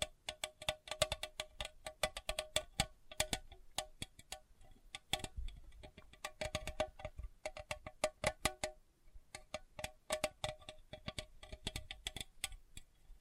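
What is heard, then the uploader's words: Sensitive tapping in quick, irregular bursts, each tap a sharp, bright click with a faint ringing tone underneath. The taps come several per second with brief pauses, the pace shifting throughout, and a soft low rumble sits beneath them. ASMR Sensitive Tapping (No Talking).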